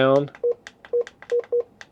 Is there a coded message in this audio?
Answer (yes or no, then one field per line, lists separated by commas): no